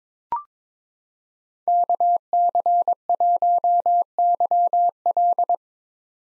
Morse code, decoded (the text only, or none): KC1YL